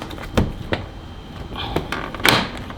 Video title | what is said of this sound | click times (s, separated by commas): THE MODS BEGIN!! Installing IND’s cosmetic package for the G87 M2! | so once that's on the rest of this will snap on just fine there we go nice click | 0.4 s, 0.7 s, 1.9 s